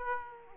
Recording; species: mosquito wingbeat signal from an infrared sensor; Aedes aegypti